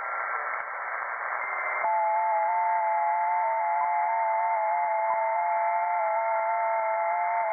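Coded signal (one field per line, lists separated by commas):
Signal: FT8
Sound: several faint steady tones, slightly warbling, over band-limited hiss that shifts after two seconds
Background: radio static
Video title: Digital Amateur Radio Mode FT8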